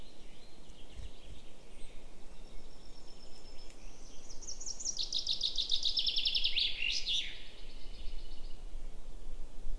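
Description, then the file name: Common chaffinch singing one full phrase, a rattling series of sharp notes descending step by step and finishing with an emphatic terminal flourish, over soft background noise. "Fringilla coelebs"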